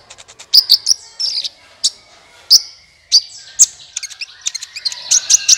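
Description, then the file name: Van Hasselt's Sunbird song: a few soft ticks, then loud, high, piercing chirps spaced irregularly, ending in a quicker twittering run. "suara kolibri ninja"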